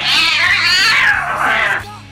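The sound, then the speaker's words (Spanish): A cat lets out a long, drawn-out meow that wavers in pitch, rising and falling like a plaintive wail before trailing off, loud and alone without any talking. “Equipo de seguridad de un aeropuerto descubrió un gato en una maleta.”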